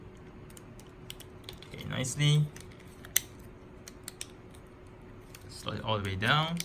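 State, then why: Not seated. An articulated part of a Bandai Gundam Fix Figuration Metal Composite #1018 MS-06S Char's Zaku II, a die-cast and plastic collectible robot figure, is being pushed back into the figure's body. Quiet handling and small sharp ticks are heard, the strongest short hit at about 3.2 s, while someone talks around 2 s and again near the end. Nothing has seated or clicked yet.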